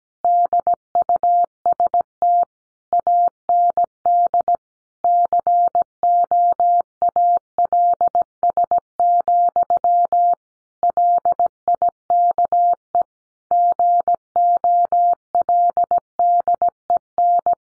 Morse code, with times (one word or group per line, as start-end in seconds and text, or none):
0.2-2.4 DUST
2.9-4.6 AND
5.0-10.3 COALS,
10.8-13.0 LIKE
13.5-17.5 GOLDEN